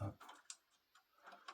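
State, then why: Seated. A wire that had been straightened is pushed into a circuit breaker terminal and clicks into place at 0.5 s, seating it. Someone talks at the start, and a second short tick follows near 1.5 s.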